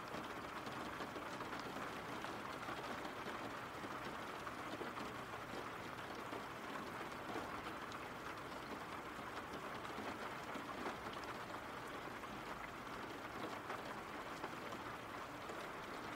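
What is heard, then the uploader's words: Rain falls steadily throughout, a dense, even hiss with no breaks or swells. Countless fine drop ticks blend into a continuous wash, strongest in the middle and upper range, over a faint low rumble that stays constant for the whole sixteen seconds. RAIN SOUNDS.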